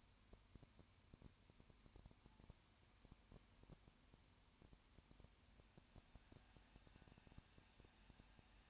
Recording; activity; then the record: daily activity, microphone in the room; no activity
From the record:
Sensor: 2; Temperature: 20.8 degrees Celsius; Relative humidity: 38.3%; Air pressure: 1010.4 hPa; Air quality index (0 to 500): 200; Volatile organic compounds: 19 ppm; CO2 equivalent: 2655 ppm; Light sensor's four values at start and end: 2/3/2/2 and 2/3/2/2